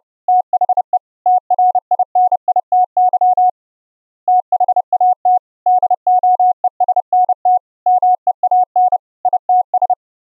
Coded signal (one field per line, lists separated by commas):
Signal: Morse code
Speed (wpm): 31 wpm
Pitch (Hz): 730 Hz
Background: none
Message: THE TRINITY THAT DOESNT MEAN ITS